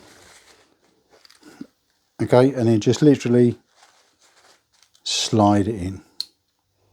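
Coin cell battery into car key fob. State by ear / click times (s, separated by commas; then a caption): seated / 6.2 s. A coin cell battery is slid into the holder of a Range Rover car key fob while someone talks, with faint handling sounds in between. It snaps into place with one sharp click at 6.2 s, and the battery is seated.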